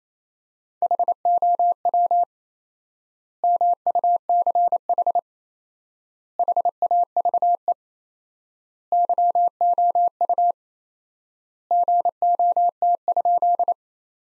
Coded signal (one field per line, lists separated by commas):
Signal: Morse code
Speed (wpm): 28 wpm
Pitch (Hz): 700 Hz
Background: none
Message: HOW MUCH HAVE YOU GOT?